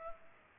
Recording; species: mosquito wingbeat signal from an infrared sensor; Culex pipiens